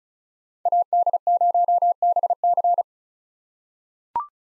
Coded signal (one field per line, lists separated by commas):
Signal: Morse code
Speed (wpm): 34 wpm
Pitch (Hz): 700 Hz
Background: none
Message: AD0BC